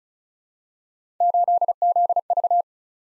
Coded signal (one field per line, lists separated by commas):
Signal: Morse code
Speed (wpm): 36 wpm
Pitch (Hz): 700 Hz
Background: none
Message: 8ZV